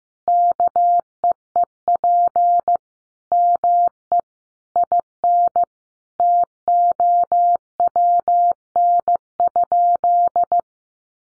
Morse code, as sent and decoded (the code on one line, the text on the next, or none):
-.- . . .--. / -- . / .. -. / - --- .-- -. ..--..
KEEP ME IN TOWN?